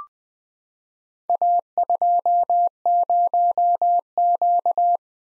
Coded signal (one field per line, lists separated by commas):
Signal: Morse code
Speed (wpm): 20 wpm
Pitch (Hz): 700 Hz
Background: none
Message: A20Q